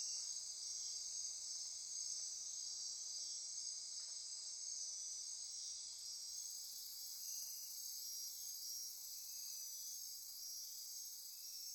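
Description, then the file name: Insects calling in a high, dense chorus of fast pulsing trills and continuous ringing. Insect chorus recorded at midnight near Corcovado. "Wind-is-the-Original-Radio-Fridays 20240628 Andy-Martin Midnight-Insect-Chorus-Near-Corcovado"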